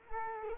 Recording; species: mosquito wingbeat signal from an infrared sensor; Culex quinquefasciatus